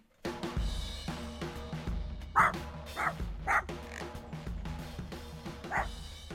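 A dog barks about four times in short, sharp, mid-pitched yaps, irregularly spaced, over a steady bed of low music.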